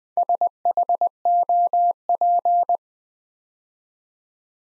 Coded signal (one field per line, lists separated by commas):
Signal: Morse code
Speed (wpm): 20 wpm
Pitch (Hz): 700 Hz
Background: none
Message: SHOP